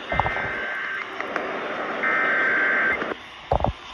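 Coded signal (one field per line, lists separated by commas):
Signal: Emergency Alert System (SAME) tones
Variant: header bursts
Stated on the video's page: Weekly EAS tests aired by a broadcast station.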